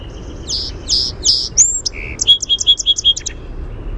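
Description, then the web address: Song sparrow song: a few clear introductory notes, a buzzy note, then a rapid trilled series of sharp repeated notes, all high-pitched. "naturesounds SOSP-song"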